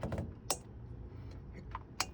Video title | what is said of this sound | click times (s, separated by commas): How to Properly Tension a V-Belt with a Krikit Gauge - Stop Belt Squeal! | There, you heard the click. | 0.5 s